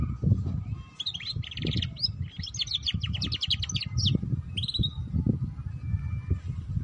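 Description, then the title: Canary song with a burst of quick buzzy trills and chirps lasting about three seconds, then a short whistled note, over steady low-pitched rumbling. Belgian canary; song to warm up and stimulate canaries to sing, for canaries learning the ngeriwik sound, suited as a lure for ngeriwik canaries. "Canto Para Esquentar Canário Belga. Suara Kenari Belajar Bunyi Ngeriwik || Cocok Untuk Pancingan Kenari Ngeriwik"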